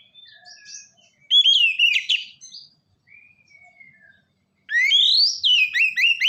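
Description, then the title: Oriental magpie-robin song: varied whistled and scratchy phrases, a long quiet stretch with a soft flat whistle, then a loud burst of rising sweeping notes. "kacer"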